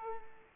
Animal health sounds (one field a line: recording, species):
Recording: mosquito wingbeat signal from an infrared sensor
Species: Culex quinquefasciatus